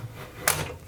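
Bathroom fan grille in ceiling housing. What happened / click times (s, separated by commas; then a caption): The cover's spring clip snaps free of its housing / 0.5 s. A bathroom fan cover in its ceiling housing is pulled down at the edges on each side to free it. A sharp, bright click sounds at 0.5 s, followed by a brief low rattle before the quiet hum returns. The grille clicks loose and is released from the housing.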